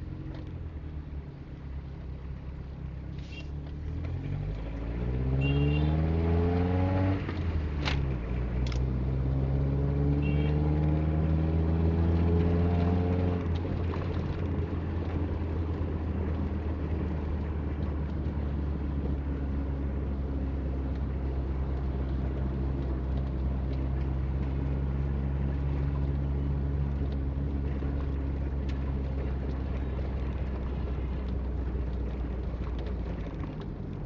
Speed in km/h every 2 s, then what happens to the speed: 2, 21, 24, 29, 35, 40, 37, 34, 31, 30, 29, 31, 31, 30, 28, 26, 19.
0-10 pulls away to 40. 10-17 slows to 30. 17-25 steady at about 30. 25-34 slows to 19.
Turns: none.